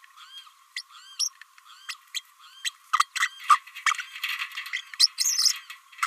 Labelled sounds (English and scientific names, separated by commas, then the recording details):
Green-rumped Parrotlet (Forpus passerinus) babbling
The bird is a female
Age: 29 days
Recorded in a nest box in Venezuela
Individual 17B32A5